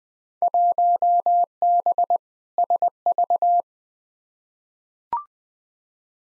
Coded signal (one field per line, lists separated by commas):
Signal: Morse code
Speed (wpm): 20 wpm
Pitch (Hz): 700 Hz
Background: none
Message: 1B SV